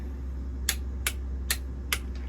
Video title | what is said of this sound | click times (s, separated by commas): HAD TO INSTALL HEAD BOLTS showing you a EASY WAY ‼️ | two nice clicks out of that | 0.7 s, 1.1 s, 1.5 s, 1.9 s